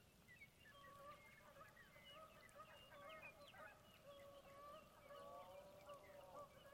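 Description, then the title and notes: Canada Goose flock calls, many overlapping nasal honks merging into a steady, continuous chorus across the whole stretch, over a soft background hiss. Large flock circling through at dusk in light rain on the second night at Conboy Lake National Wildlife Refuge, Glenwood, Washington, an important migratory stop. "Conboy Lake, Dusk Falls. A large flock of Canada Geese circles through, first around the 1 minute mark. Dusk falls on my second night at Conboy Lake National Wildlife Refuge in Glenwood, WA"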